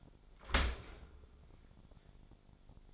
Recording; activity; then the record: daily activity, microphone in the room; open dishwasher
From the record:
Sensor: 5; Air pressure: 1006.8 hPa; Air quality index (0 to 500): 185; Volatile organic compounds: 5 ppm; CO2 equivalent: 1764 ppm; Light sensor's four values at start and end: 53/148/58/59 and 53/148/58/59